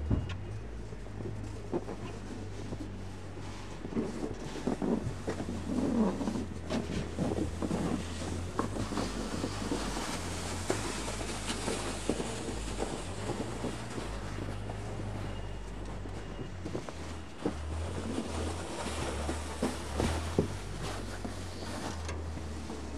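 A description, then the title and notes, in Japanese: Snow being cleared, over a steady low motor drone that runs the whole time and wavers slightly in pitch. Dense scraping and crunching sits on top, with frequent short knocks and thuds, busiest around 5–7 and 19–21 seconds. 湯治場ラジオ 雪下ろしASMR。村井六助さんでの雪下ろしの音を配信します。会話はありません。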